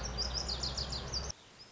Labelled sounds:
Lazuli Bunting (Passerina amoena)
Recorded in Sonoma County, California

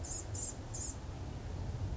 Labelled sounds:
Blue-gray Gnatcatcher (Polioptila caerulea)
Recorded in Sonoma County, California

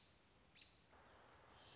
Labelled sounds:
American Robin (Turdus migratorius)
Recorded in Sonoma County, California

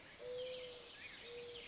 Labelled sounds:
Mourning Dove (Zenaida macroura)
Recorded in Sonoma County, California

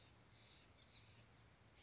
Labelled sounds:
Blue-gray Gnatcatcher (Polioptila caerulea)
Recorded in Sonoma County, California

